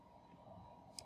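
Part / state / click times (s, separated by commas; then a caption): ribbon cable locking clip on a dome security camera board connector / seated / 1.0 s. On a dome security camera (model IPC4K15D), the small locking clip of the ribbon-cable connector on the board is pushed shut with a thumb and fingernail, and the blue side of the cable faces outward toward the side of the camera. Over a low steady hum, a sharp short click sounds at 0.99 s. It shows the ribbon cable is correctly seated.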